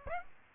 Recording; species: mosquito wingbeat signal from an infrared sensor; Aedes aegypti